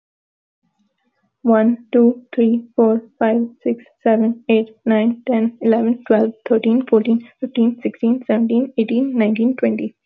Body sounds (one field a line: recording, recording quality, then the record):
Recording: counting at a fast pace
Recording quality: excellent, no background noise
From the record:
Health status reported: healthy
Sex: female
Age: 22 years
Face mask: not worn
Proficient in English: yes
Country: India